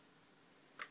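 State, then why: Partly seated. A plastic brick on a playset model that was not pressed fully home pops loose during a build. Low, steady background noise runs until a single short, bright tick at 0.8 s.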